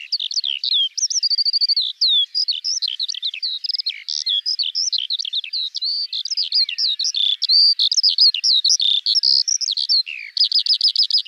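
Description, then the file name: Eurasian skylark song: a high, tumbling run of varied chirps and liquid whistles, ending with a quick buzzy rattle. "Alouette des champs"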